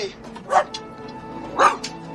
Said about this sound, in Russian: Выпрыгнув из клетки, терьер подходит к клетке со щенком сенбернара. Стоя друг напротив друга, они лают.